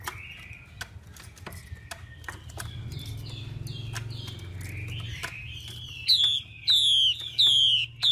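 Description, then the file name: Chinese hwamei call over a low steady hum: faint clicks and soft warbles, then a few clear falling whistles near the end. Female hwamei calling, a sound used to stimulate or excite male birds. "Tieng chim hoa mi mai kich trong"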